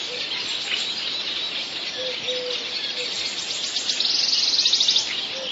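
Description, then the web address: Wood warbler song: a fast, shivering trill of rapidly repeated high notes that swells louder for about a second, set against a dense chorus of other birds. "wroblowe kolekcja swistunka"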